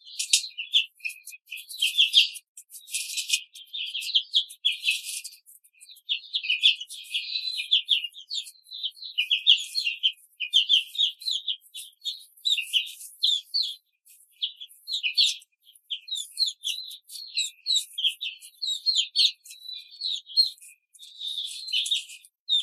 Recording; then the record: young laying hens in a cage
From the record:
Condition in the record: control cage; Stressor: none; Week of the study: 5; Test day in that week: 1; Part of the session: 2